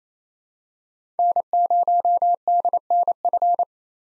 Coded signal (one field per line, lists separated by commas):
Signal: Morse code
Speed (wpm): 28 wpm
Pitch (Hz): 700 Hz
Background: none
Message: N0DNF